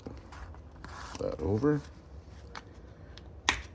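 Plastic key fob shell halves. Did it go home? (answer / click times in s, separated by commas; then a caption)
released / 3.5 s. Someone talks while prying around the seam of a tight plastic Kia key fob shell (Soul, Sportage, etc.) during a battery replacement, with faint scraping ticks along the way. At 3.5 s the shell halves separate with a loud, sharp snap as the fob pops open.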